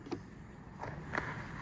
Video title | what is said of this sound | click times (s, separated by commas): Amerimax Vinyl Gutter Guard Install - DIY #gutterguards #Amerimax #HomeDepot #gutterguard | So, I've got a nice click here, and I brought it all the way down here. | 1.2 s